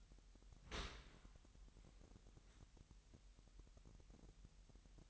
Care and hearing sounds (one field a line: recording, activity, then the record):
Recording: daily activity, microphone in the room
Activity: open dishwasher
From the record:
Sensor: 3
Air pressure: 998.3 hPa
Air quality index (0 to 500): 149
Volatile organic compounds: 5 ppm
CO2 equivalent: 1780 ppm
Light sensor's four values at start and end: 13/39/16/14 and 13/39/16/14